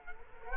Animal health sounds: mosquito wingbeat signal from an infrared sensor; Culex quinquefasciatus

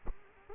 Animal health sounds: mosquito wingbeat signal from an infrared sensor; Culex quinquefasciatus

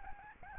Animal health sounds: mosquito wingbeat signal from an infrared sensor; Aedes albopictus

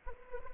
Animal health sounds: mosquito wingbeat signal from an infrared sensor; Anopheles arabiensis

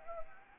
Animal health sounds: mosquito wingbeat signal from an infrared sensor; Anopheles arabiensis

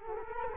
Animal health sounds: mosquito wingbeat signal from an infrared sensor; Culex quinquefasciatus

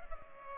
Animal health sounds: mosquito wingbeat signal from an infrared sensor; Culex pipiens

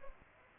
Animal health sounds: mosquito wingbeat signal from an infrared sensor; Aedes aegypti

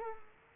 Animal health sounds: mosquito wingbeat signal from an infrared sensor; Culex quinquefasciatus

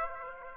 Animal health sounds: mosquito wingbeat signal from an infrared sensor; Aedes aegypti

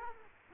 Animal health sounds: mosquito wingbeat signal from an infrared sensor; Culex quinquefasciatus

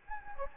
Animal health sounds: mosquito wingbeat signal from an infrared sensor; Anopheles gambiae

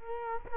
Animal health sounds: mosquito wingbeat signal from an infrared sensor; Culex quinquefasciatus

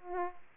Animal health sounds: mosquito wingbeat signal from an infrared sensor; Aedes aegypti

